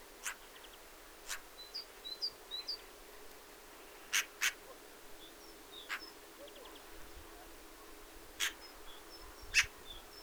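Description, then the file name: Eurasian magpie giving a few spaced harsh calls, one quick pair in the middle, while small birds whistle thin high notes throughout. "Pica pica"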